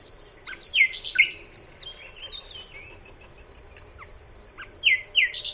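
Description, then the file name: Common nightingale singing in short separated phrases of sharp whistled and chirping notes, over a steady high buzzing insect drone throughout. "Luscinia megarhynchos"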